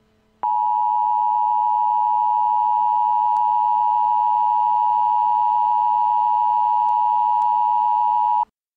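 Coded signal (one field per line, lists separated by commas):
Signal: Emergency Alert System (SAME) tones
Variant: 853 and 960 Hz attention tone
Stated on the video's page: Fictional EAS scenario; content is entirely made up, not a real alert.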